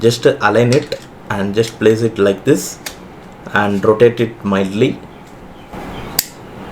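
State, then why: Seated. Someone talks while fitting the lens adapter onto the Vivo X200 Ultra photography kit's phone case, aligning the adapter's red mark with the red mark on the case and rotating it mildly. A single sharp click is heard at 6.2 s as the adapter locks home and seats on the case.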